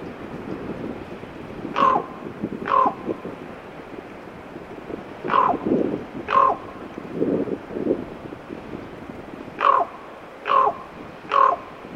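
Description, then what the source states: Common raven calling in groups of harsh croaks, two, two and then three, spread over twelve seconds, with low rumbling background noise between. Teller, Alaska.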